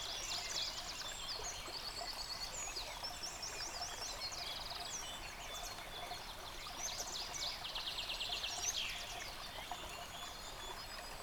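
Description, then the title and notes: Birds in chorus, rapid repeated chips, trilled runs and high whistles over a continuous babbling stream. Bird chorus recorded beside a stream at Dlouhý Důl, Krásná Lípa, Czechia, on a Zoom H6. "Dlouhý Důl 14, 407 47 Krásná Lípa, Czechia - Ptáci a potok. Ptačí sněm snímaný u potoka.. nahráno na ZOOM H6"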